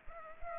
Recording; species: mosquito wingbeat signal from an infrared sensor; Culex pipiens